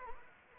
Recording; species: mosquito wingbeat signal from an infrared sensor; Anopheles arabiensis